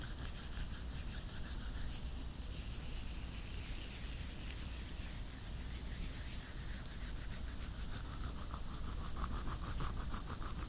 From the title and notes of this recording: ASMR LATEX GLOVES, ASMR GLOVES RUBBING, ASMR NO TALKING, JUST GLOVES SOUNDS.